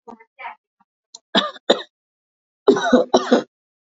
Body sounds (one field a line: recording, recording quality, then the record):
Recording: shallow voluntary cough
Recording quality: excellent, no background noise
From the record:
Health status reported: respiratory illness, not identified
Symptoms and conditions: asthma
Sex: female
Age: 46 years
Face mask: worn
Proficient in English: yes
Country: India